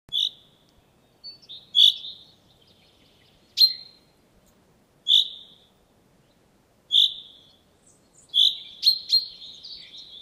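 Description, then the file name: Common chaffinch calls, short bright metallic notes repeated every one to two seconds, with a quicker cluster of notes near the end. "Fringilla coelebs"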